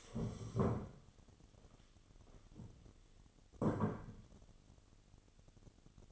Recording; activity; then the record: daily activity, microphone in the room; stand up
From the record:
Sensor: 4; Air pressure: 1016.1 hPa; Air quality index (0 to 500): 165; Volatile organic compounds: 6 ppm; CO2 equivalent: 1880 ppm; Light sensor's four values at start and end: 9/20/8/7 and 9/20/8/7